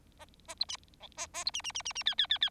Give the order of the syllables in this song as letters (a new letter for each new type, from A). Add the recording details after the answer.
A A B C D A A B C C C C C E E E E. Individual Bird4